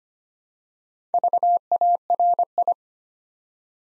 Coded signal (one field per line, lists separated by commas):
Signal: Morse code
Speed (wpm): 25 wpm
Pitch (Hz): 700 Hz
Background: none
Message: VARI